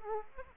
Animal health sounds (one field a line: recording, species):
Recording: mosquito wingbeat signal from an infrared sensor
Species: Aedes aegypti